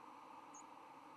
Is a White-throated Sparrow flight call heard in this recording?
no